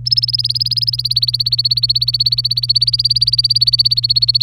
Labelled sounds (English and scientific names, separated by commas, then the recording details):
Domestic Canary (Serinus canaria) song
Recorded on 24 April 2018 at 09:24
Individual llb3